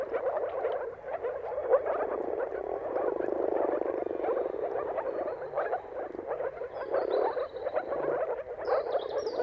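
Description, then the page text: Moor frogs in a continuous chorus of soft bubbling notes, with a high bird call near the end. Mating chorus of many moor frogs at sunrise, turn of March and April, timing depending on the weather. "Dawn’s Chorus: Mating Calls of Marsh Frogs at Sunrise. Depending on the weather at the turn of March and April, you can witness an amazing spectacle of moor frogs. Jakub Orzecki. earth.fm"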